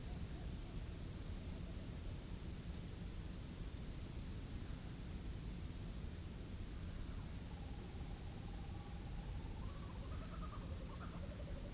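A summer night in the bush on Ngarigo land, filled with a thick, unbroken hum of cicadas and crickets over a low, rumbling hiss. The level stays steady throughout. A faint, thin wavering tone drifts in around eight seconds and rises toward the end.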